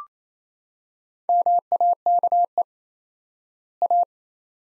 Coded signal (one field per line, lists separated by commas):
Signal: Morse code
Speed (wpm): 27 wpm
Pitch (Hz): 700 Hz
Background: none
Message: MAKE A